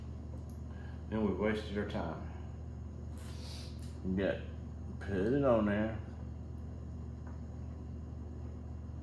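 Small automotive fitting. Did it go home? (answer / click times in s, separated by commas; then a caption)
no / none. On a 1984 300ZX, a component is being put onto the fuel tank and locked down during a fuel tank leak repair. Someone talks over a steady low hum, with a few faint short knocks around 0.5, 3.2, 3.8 and 7.3 seconds. The clip ends before the part goes home, so nothing has seated or clicked yet.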